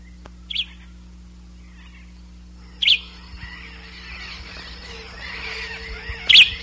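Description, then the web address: Bird call, three short high chirps at irregular intervals, over a low hum. "BIRD 2015 SABIOD"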